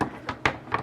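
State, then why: Seated. The plastic second level of a 2021 Matchbox Action Drivers Park & Play Garage playset is pressed onto the toy parking structure, held at the right angle so it fits. Softer plastic ticks come at about 0.0, 0.3 and 0.7 seconds, with the loudest sharp snap at 0.5 seconds as the level clicks in and seats.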